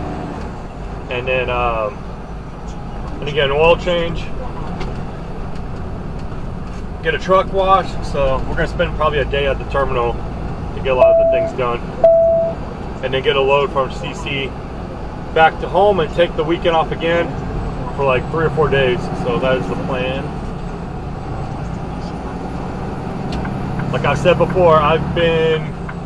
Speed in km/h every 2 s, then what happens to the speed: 31, 32, 34, 31, 32, 37, 37, 35, 39, 44, 45, 53, 56.
0-15 steady at about 32. 15-23 speeds up to 56.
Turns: none.